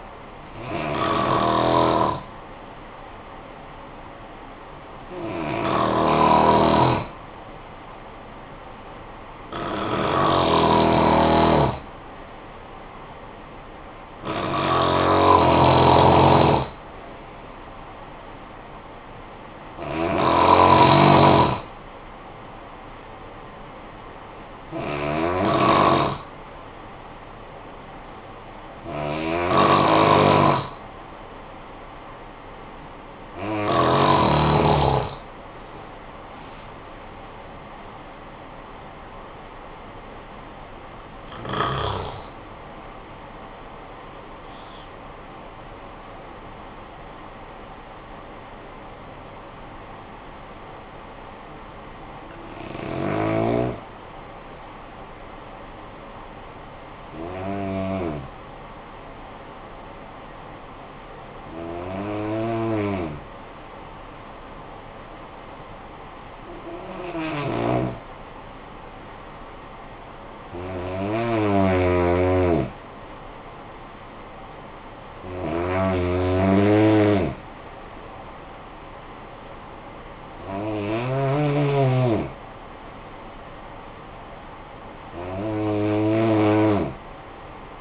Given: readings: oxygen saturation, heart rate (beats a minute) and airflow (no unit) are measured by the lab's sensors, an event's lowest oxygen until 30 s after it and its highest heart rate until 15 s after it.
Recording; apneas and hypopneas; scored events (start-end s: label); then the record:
breathing in sleep by a voice recorder at the bedside; 2
25.00-36.60 s: hypopnea (N2, oxygen 93% highest, then 93% lowest, heart rate 54 at the start, 72 highest)
51.00-81.00 s: new sleep stage, N1 (lightest sleep)
59.00-69.00 s: hypopnea (N1, oxygen 97% highest, then 92% lowest, heart rate 52 at the start, 56 highest)
81.00-87.81 s: new sleep stage, N2 (light sleep)
From the record:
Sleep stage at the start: N2 (light sleep); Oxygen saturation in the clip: 90 to 97%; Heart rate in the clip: 51 to 72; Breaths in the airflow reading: 19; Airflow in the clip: -11.0 to 13.9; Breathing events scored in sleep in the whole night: 445 in 7.6 hours asleep